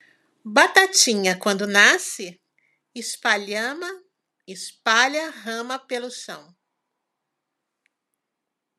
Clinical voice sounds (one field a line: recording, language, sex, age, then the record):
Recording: short text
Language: Brazilian Portuguese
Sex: female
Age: 60 to 69 years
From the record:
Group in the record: control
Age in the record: 65 years